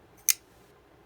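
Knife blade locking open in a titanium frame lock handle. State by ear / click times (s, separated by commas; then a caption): seated / 0.3 s. A folding knife blade is flicked open in a solid titanium frame lock handle. The lock engages with one sharp, bright snap at 0.3 s, a solid mechanical click rather than a ring. The blade is seated and locked open.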